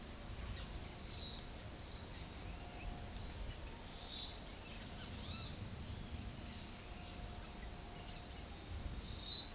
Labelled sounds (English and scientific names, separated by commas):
none